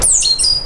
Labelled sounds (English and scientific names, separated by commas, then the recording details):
Stitchbird (Notiomystis cincta) song
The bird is a male
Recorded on Tiritiri Matangi Island, New Zealand, in 2005
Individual 12, of nest box 16